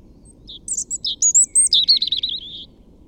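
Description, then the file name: European robin delivering one short phrase: a few high sharp notes, then a fast wavering silvery trill that slides slightly downward before ending. "Erithacus rubecula"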